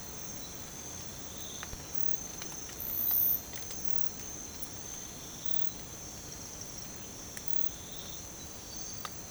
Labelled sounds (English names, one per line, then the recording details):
none
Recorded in secondary vegetation near Puerto Asís, Putumayo, Colombia, on 20 December 2024 at 05:00
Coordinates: 0.468, -76.324
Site G095